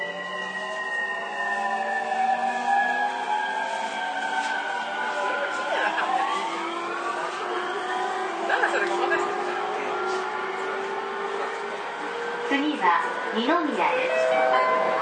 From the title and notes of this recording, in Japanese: JRE231系 伊東〜横浜。区間は伊東線→東海道線です。